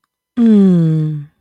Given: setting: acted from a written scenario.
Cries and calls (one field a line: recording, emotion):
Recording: vocal sound without words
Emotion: romantic love